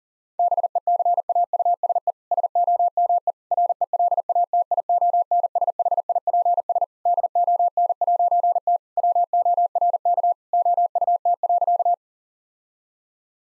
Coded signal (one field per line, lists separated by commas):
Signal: Morse code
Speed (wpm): 40 wpm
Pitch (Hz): 700 Hz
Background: none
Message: BECAUSE SOME RELATIONSHIPS DON'T WORK OUT.